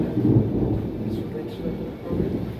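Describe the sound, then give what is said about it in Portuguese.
Rain begins falling as a steady, dense wash of noise, with a deep rolling rumble underneath that swells and fades across the few seconds. “Ih, tá começando a chover aqui.”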